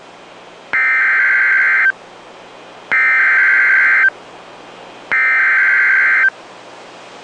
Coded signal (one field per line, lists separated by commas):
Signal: Emergency Alert System (SAME) tones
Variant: header bursts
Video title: Real NOAA Weather Radio EAS Alert #89